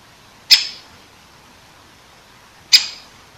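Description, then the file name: Great Spotted Woodpecker giving two loud, abrupt 'kick' calls about two seconds apart, with near silence between. Recorded 21 September 2015 at about 19:10. "dzieciol duzy nikolay sariev. dendrocopos major), 2015-09-21 , 19 10"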